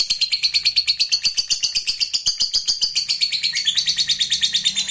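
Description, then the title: Lovebird song: continuous rapid, high-pitched pulsed twittering, steady and chattering throughout. "Suara Lovebird"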